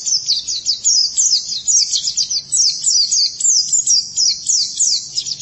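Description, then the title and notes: White-eye song, a continuous stream of very high, thin twittering notes, rapid and sweet, with a faint low hum beneath. "Kicauan Burung Pleci Durasi Panjang. Suara kicauan burung pleci"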